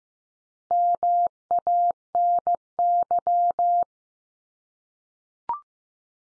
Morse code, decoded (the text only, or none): MANY